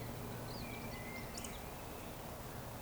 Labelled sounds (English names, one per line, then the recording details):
Eurasian Woodcock whistle
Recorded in Baden-Württemberg, Germany, on 15 June 2020 at 19:20 UTC
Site 14569, 102 m above sea level